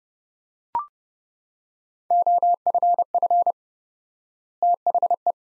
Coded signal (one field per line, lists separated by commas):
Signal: Morse code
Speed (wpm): 30 wpm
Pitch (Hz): 700 Hz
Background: none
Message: OFF THE